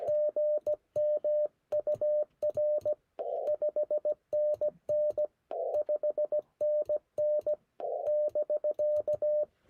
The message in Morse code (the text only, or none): GM UR 5NN 5NN <BK>